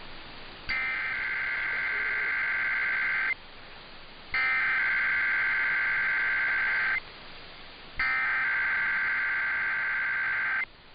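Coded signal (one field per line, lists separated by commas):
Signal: Emergency Alert System (SAME) tones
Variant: header bursts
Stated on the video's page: Nevada required monthly tests plus automatic required weekly tests from KLOS and KLLI.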